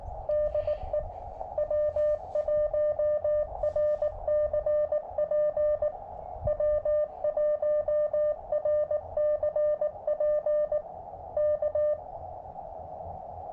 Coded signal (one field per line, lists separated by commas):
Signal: Morse code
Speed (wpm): 19 wpm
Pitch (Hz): 600 Hz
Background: music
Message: DE W1RCP W1RCP K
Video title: Will It POTA? - Field Testing the DIY Elecraft AX2 Style Short Base-Loaded Vertical Antenna on a KX2